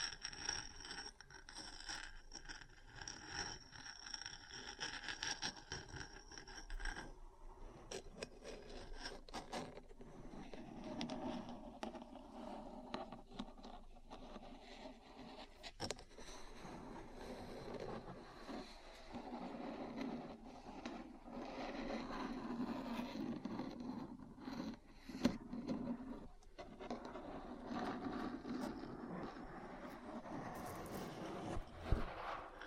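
Metal parts tap and scratch continuously, with dense scraping textures, frequent sharp clicks throughout, and a steady low rumble underneath.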